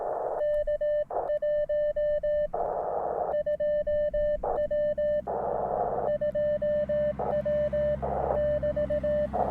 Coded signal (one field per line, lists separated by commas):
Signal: Morse code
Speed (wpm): 18 wpm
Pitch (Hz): 600 Hz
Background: radio noise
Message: K1 2W 2W <BT>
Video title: Building a Delta Loop Antenna For The 30m Band, Part 1.